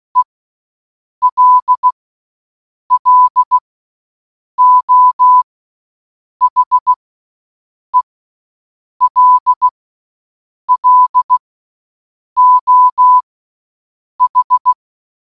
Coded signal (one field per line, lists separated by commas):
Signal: Morse code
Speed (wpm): 16 wpm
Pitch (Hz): 1000 Hz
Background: none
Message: ELLO HELLO H